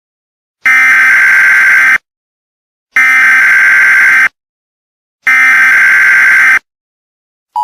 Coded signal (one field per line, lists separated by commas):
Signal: Emergency Alert System (SAME) tones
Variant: header bursts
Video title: EAS Scenario #1: Change of Heart